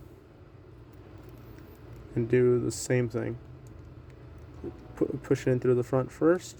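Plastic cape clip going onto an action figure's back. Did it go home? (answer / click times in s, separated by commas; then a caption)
no / none. Someone talks while picking up the other small plastic cape clip for a Jada Toys M. Bison die-cast action figure and getting it ready to go onto the figure's back, with brief faint ticks at 3.7 and 4.1 seconds. The clip has not been pushed in or snapped into place yet, so nothing has clicked.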